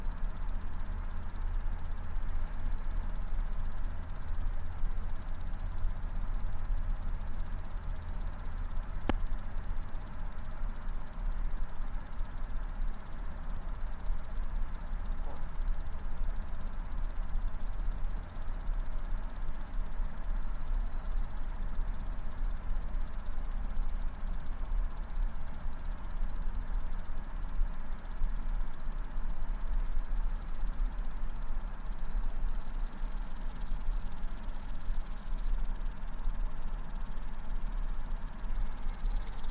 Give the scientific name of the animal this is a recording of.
Omocestus viridulus